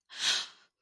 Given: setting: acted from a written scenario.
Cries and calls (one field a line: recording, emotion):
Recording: vocal sound without words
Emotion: interest